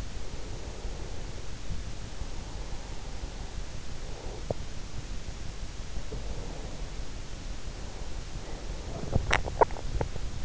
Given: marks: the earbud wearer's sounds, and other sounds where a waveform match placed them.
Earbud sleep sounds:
sounds in sleep by an in-ear microphone; breath, swallowing
0.00-3.33 s: breath
3.52-5.48 s: breath
5.82-8.93 s: breath
8.93-10.44 s: swallowing

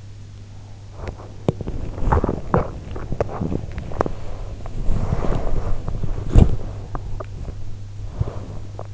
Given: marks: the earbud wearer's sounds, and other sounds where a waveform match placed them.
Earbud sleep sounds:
sounds in sleep by an in-ear microphone; body movement
0.91-8.93 s: body movement

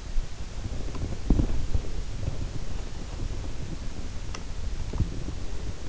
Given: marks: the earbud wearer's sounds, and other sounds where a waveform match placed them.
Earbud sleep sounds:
sounds in sleep by an in-ear microphone; teeth grinding
0.63-5.09 s: teeth grinding

